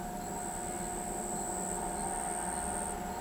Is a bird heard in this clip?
no